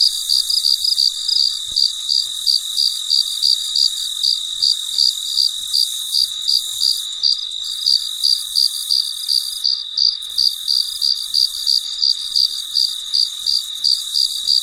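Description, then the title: Cricket chirping, short high pulses repeated steadily about three times a second, over a constant high insect hiss. Recorded late at night in quiet surroundings. "深夜录制蟋蟀昆虫声"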